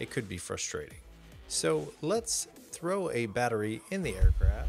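A flight battery is being handled for insertion into the battery bay of a Parrot Bebop Pro Thermal quadcopter drone body, while someone talks throughout. Low thumps of handling are heard near the end, but nothing has seated or clicked yet.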